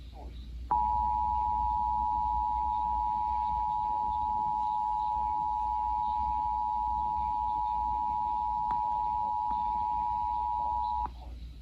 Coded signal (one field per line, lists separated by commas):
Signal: Emergency Alert System (SAME) tones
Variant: 853 and 960 Hz attention tone